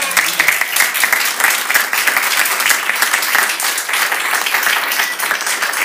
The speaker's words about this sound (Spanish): María, un aplauso. ¡Un aplauso!